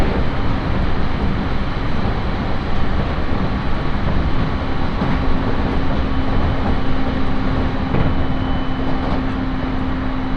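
Inside a four-car 701-series train on the Tohoku Main Line, a steady, dense rumble fills the whole clip, heaviest in the low end. A faint sustained hum runs underneath, with a few brief brighter clicks from the track around five, eight and nine seconds.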